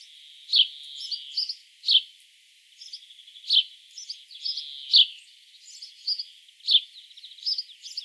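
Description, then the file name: House sparrow chirps, sharp notes spaced a second or more apart over a steady background of softer chattering twitters. "Passer domesticus"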